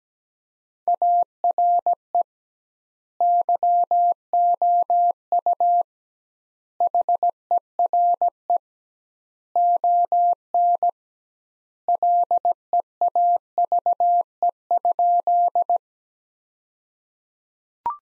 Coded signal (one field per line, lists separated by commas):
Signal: Morse code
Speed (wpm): 17 wpm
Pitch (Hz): 700 Hz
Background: none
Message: ARE YOU HERE ON LEAVE?